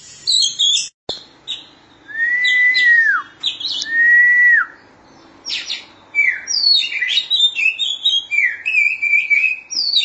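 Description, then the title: Oriental magpie-robin song: high notes and a sharp click, then two long, clear whistles that fall at the end, followed by fast, varied twittering and high whistled flourishes. "Suara Kicauan Burung Kacer Durasi Panjang"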